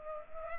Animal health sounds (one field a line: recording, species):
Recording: mosquito wingbeat signal from an infrared sensor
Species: Culex pipiens